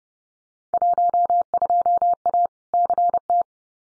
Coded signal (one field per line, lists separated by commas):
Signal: Morse code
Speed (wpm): 30 wpm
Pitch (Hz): 700 Hz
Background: none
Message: 12A CT